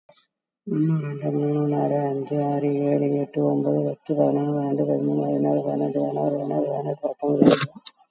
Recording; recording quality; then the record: counting at a fast pace; excellent, no background noise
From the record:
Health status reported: COVID-19 positive, moderate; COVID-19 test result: positive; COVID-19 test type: RT-PCR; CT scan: taken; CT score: 3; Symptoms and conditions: cough, sore throat, fever, fatigue, muscle pain, diabetes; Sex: female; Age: 62 years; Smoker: no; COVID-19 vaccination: one dose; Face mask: worn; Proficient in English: yes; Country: India